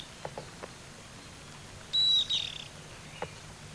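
Bird call: one steady, high whistled note about half a second long, with faint soft taps earlier and a low hum underneath.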